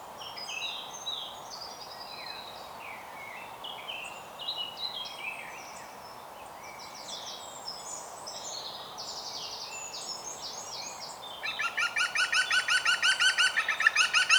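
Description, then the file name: European green woodpecker: varied twittering songbird song fills the first part, then a European green woodpecker bursts into a rapid laughing series of ringing notes that continues to the end. "Groene Specht Picus viridis"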